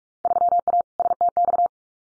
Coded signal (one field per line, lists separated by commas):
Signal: Morse code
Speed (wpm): 46 wpm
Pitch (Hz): 700 Hz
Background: none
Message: 3A STX